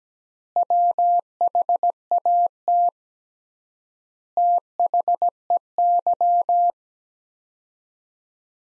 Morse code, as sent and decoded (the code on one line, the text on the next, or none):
.-- .... .- - / - .... . -.--
WHAT THEY